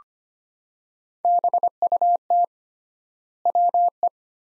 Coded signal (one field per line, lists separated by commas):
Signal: Morse code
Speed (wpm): 25 wpm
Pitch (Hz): 700 Hz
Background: none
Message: BUT WE